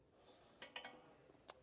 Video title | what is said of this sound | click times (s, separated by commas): etrailer - Assembling the Hollywood Racks RV Rider 2 Electric Bike Rack | and that's locked into place | 0.8 s, 1.5 s